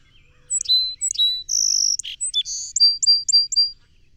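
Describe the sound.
Song sparrow singing two slurred opening notes, a sustained buzz, a harsh burr, then a brisk series of four bright high notes to finish.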